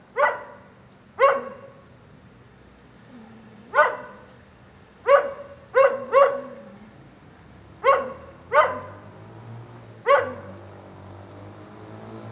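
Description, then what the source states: Dog barking in single and paired barks, about nine in all. Lone dog in the rain during a thunderstorm at 9a. Avenida 414, Quezaltenango, Guatemala; storm ambience.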